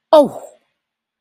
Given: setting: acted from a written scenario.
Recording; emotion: vocal sound without words; pain